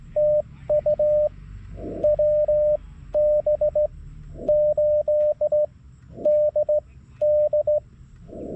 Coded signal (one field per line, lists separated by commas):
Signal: Morse code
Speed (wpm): 17 wpm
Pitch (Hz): 600 Hz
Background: radio noise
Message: TU WB8DD